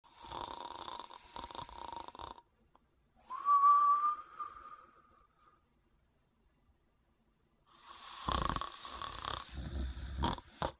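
Snoring from an adult sleeper: rough, noisy snore sounds in separate breaths, one with a brief whistling tone.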